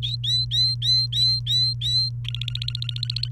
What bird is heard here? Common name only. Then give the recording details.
Domestic Canary. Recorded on 29 April 2018 at 17:37. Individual llb3